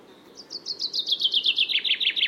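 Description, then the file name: Common chaffinch giving a quick, steadily repeated series of high chipping notes that slide gradually lower, cut off before any ending flourish. "Fringilla coelebs"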